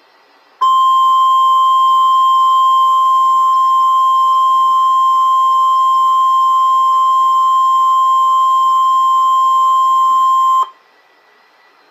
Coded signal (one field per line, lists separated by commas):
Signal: Emergency Alert System (SAME) tones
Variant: 1050 Hz attention tone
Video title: Tornado watch (EAS#15)